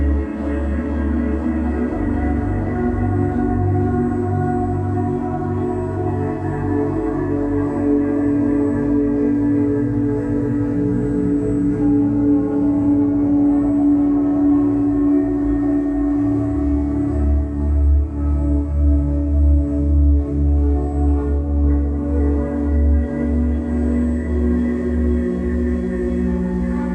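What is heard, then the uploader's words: Sustained ambient guitar drone with layered low tones that swell and shift slowly, a faint pulsing beneath, and soft bell-like overtones throughout. Atmospheric drone ambient guitar tones and binaural beats tuned to the healing frequency of 432Hz.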